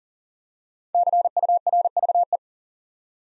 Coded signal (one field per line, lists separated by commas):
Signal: Morse code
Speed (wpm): 39 wpm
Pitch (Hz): 700 Hz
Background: none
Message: CURVE